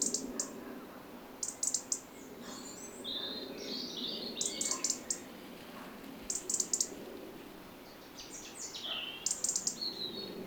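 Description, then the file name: European robin song: a string of high, thin, tinkling whistles and slurred notes in short phrases, mixed with dry clicking bursts over constant background noise. "Erithacus rubecula"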